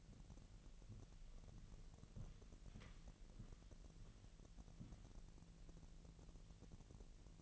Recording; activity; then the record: daily activity, microphone in the room; walk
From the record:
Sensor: 4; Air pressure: 1002.9 hPa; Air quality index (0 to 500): 249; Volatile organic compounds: 27 ppm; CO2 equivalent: 2895 ppm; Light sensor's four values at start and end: 8/17/7/7 and 8/17/7/7